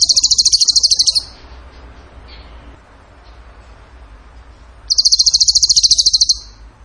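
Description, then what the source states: Bird trilling: two loud, rapid, buzzy high trills separated by a pause of several seconds with a faint background hiss. Masteran (training recording) in the tembakan gacor song style.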